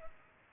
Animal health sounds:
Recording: mosquito wingbeat signal from an infrared sensor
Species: Culex pipiens

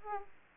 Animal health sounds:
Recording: mosquito wingbeat signal from an infrared sensor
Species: Aedes aegypti

